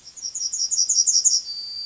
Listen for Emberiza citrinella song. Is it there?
yes